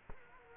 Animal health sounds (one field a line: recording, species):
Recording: mosquito wingbeat signal from an infrared sensor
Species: Culex quinquefasciatus